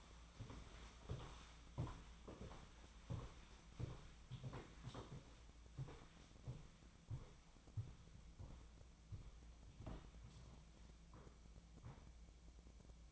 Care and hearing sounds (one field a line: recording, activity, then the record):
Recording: daily activity, microphone in the room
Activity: walk to room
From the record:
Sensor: 1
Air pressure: 1010.1 hPa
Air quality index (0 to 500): 184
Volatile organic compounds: 16 ppm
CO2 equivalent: 2531 ppm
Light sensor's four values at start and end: 40/101/42/52 and 40/101/43/52